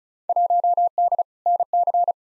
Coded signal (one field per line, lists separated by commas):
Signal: Morse code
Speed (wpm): 34 wpm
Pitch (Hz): 700 Hz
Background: none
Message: 1D NC